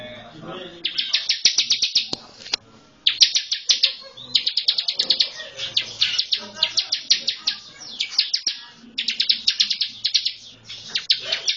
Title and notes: Ciblek Ngebren Untuk Masteran Murai Batu. Suara burung ciblek